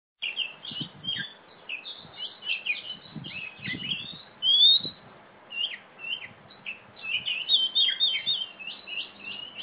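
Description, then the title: Oriental magpie-robin singing continuously, busy chirps and sweet whistled slurs in rapid phrases, with a few soft low knocks in the background. Female black-plumaged Oriental magpie-robin, a national champion competition bird from East Java, in continuous loud "gacor" singing, described as a fighting-style "tarung" bird. "Kacer Juara 1 Nasional gacor kacer juara nasional jawa timur kacer tarung betina poci gacor hitam"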